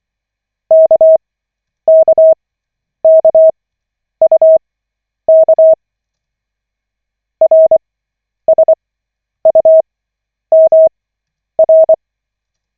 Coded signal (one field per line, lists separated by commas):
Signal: Morse code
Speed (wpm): 24 wpm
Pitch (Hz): 640 Hz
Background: none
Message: KKKUK RSUMR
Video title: Koch 5/40, 23.12.2024, 9th(! :O) CW practice session